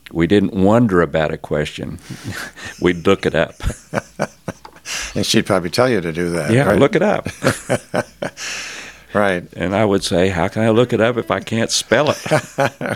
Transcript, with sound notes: We didn't wonder about a question. We'd look it up. (Laughing) And she'd probably tell you to do that, "Look it up." Right, and I would say, "How can I look it up if I can't spell it?"